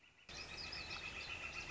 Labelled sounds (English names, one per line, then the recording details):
Northern Flicker
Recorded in Sonoma County, California